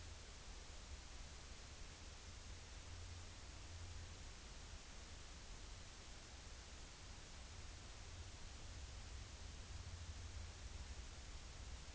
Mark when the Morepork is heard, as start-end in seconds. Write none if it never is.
none